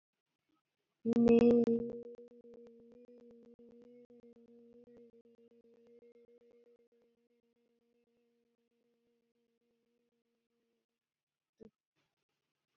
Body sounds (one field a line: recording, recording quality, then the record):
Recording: sustained vowel as in made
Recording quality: excellent, no background noise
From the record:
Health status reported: healthy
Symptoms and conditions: asthma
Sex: female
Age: 21 years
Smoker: not ticked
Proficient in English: yes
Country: India